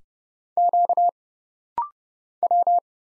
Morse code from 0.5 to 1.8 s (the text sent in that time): Q